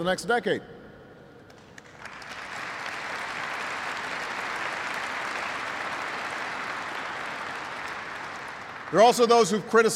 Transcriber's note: applause